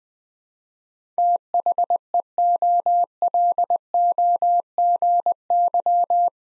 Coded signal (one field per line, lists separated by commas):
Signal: Morse code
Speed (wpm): 20 wpm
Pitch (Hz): 700 Hz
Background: none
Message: THEOLOGY